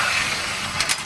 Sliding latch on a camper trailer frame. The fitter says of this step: until that snaps in place.